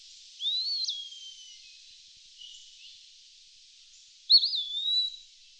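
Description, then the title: Eastern wood pewee giving a slurred whistle that rises and then falls, then after a pause a short rising-and-falling slurred whistled phrase. "LuckyPassaro Completos2Sama. Eastern Wood Pewee (Contopus virens)"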